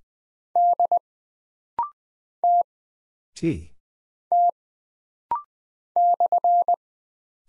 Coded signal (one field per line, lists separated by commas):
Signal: Morse code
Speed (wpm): 20 wpm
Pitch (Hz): 700 Hz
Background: none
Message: D T T /